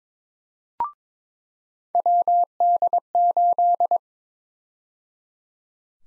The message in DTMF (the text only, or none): none